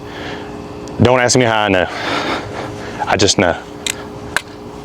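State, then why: Seated. Someone talks, then the brake on a crossbow's silent crank cocking device engages after the string is cranked back, giving small, sharp clicks at 3.9 s and 4.4 s as it locks, under a steady low hum.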